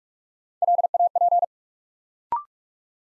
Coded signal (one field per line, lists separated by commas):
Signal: Morse code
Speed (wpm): 45 wpm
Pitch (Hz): 700 Hz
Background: none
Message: LAP